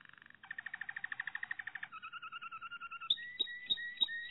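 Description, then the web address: Canary song of pulsing rolled trills shifting into a two-toned warbling trill, finished with bell-like notes repeated about three times a second. Malinois (Waterslager) breed canary, song. "~joaopt canarios racas canto malinoiss"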